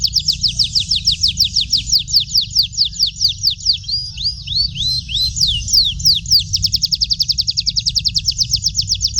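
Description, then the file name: Canary song with rhythmic high trills that slow into looping swept notes and then speed up into a rapid even roll, over a constant low rumble. "kenari goyang dumang milik om akuang"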